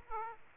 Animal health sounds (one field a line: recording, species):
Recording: mosquito wingbeat signal from an infrared sensor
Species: Aedes aegypti